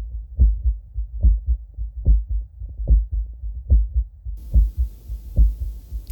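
Heart by stethoscope at the apex of a man about 50 years old with prior anterior Q-wave myocardial infarction, heart failure and atrial flutter: regular low-pitched heart sounds at about 72 per minute, with faint, rapid atrial flutter sounds between the beats.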